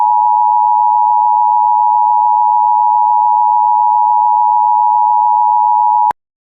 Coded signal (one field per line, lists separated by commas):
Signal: Emergency Alert System (SAME) tones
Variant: 853 and 960 Hz attention tone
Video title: EAS Mock Scenario - Deadly Packages